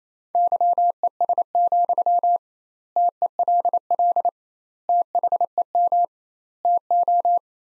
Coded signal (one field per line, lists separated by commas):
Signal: Morse code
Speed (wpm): 28 wpm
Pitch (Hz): 700 Hz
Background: none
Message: YES, TELL THEM TO